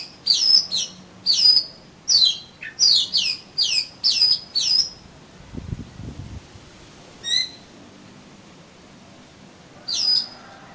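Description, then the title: Oriental magpie-robin delivering a quick burst of sharp whistled notes, then falling quiet apart from a low thud and two isolated ringing calls. "Kacer Kacer"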